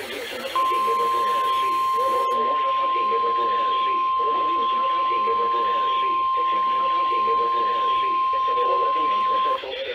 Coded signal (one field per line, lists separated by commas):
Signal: Emergency Alert System (SAME) tones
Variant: 1050 Hz attention tone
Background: speech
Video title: NOAA Radio (EAS # 297-313) SVR's, TOR's, TOA's